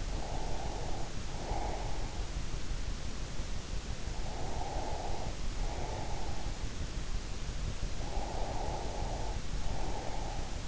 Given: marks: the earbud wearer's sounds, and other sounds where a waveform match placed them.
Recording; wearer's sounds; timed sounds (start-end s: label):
sounds in sleep by an in-ear microphone; breath
0.00-2.12 s: breath
4.05-6.42 s: breath
7.74-10.68 s: breath